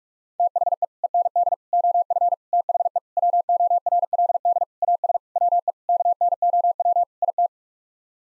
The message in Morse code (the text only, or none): THE END OF THE WORLD AS WE KNOW IT